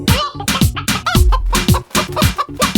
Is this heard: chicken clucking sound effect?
yes